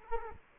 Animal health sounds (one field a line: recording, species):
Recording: mosquito wingbeat signal from an infrared sensor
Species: Culex quinquefasciatus